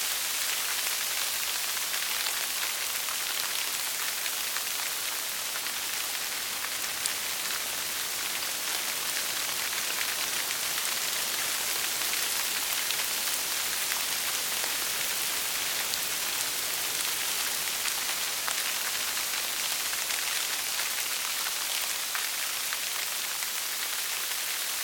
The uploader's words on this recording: LIGHT RAIN • A Quiet Rain Sound With Lots of High Frequencies.